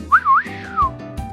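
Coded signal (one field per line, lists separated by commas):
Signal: whistled language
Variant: Silbo Gomero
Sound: a short gliding whistle rising, dipping, then slowly falling, under one second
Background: faint background music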